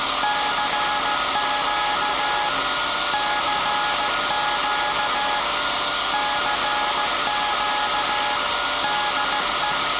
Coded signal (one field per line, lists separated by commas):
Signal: Morse code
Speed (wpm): 16 wpm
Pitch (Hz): 840 Hz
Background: none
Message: CQ CQ CQ DE